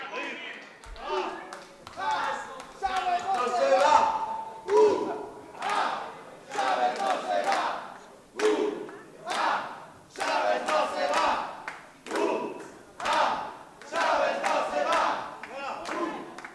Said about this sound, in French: Allez, on crie fort là, comment c'est notre consigne ce soir.